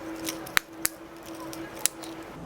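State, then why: Seated. Fingers press around the seams of the plastic shell halves of a Mitsubishi car key fob, 2014–2020 model years, after its battery is replaced, so the halves snap tight. Sharp plastic clicks sound at 0.6, 0.9 and 1.9 seconds over a steady low hum, and the seams are seated closed.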